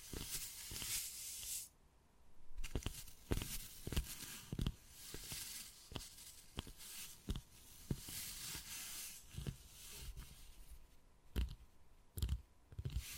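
Wood carving with repeated sharp taps and scraping, the taps landing irregularly about every half second to second. Between them runs a steady hiss of scratching, brighter and denser in stretches, with a quieter lull around two seconds and near eleven.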